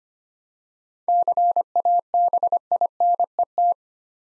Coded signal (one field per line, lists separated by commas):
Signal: Morse code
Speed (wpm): 25 wpm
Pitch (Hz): 700 Hz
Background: none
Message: CABINET